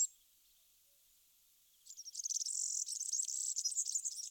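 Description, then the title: European serin singing a long, rapid, glassy jingle of high, scratchy notes that begins after a quiet stretch and runs to the end. "Sylvain Jaskowiak - Mes piafs. Serin cini"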